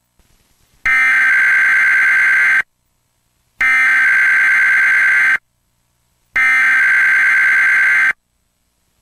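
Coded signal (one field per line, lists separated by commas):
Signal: Emergency Alert System (SAME) tones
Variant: header bursts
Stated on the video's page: Mock EAS broadcast, a fictional Civil Emergency Message, not a real alert.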